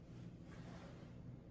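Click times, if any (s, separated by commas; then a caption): none. The plastic lid of a FineDine glass food storage container is being handled, with its locking tabs about to be pressed down, over a steady low rumbling background noise with no sharp sounds. Nothing has clicked or seated yet; the tabs are not yet locked into place.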